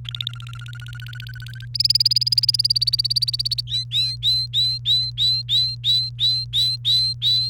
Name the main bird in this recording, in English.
Domestic Canary